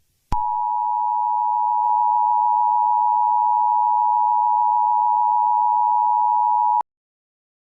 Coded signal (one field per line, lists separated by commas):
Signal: Emergency Alert System (SAME) tones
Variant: 853 and 960 Hz attention tone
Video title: Eas Scenario 003 - MetLife Stadium Bombing 2018